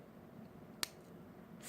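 A plastic snap cap is pressed onto the barrel of a demonstrator fountain pen and clicks shut. Against a quiet background, a single sharp, bright click sounds at 0.8 s, followed by a brief rise of hiss near the end. The cap is seated.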